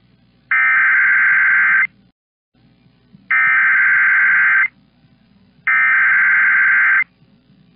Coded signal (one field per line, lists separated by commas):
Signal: Emergency Alert System (SAME) tones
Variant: header bursts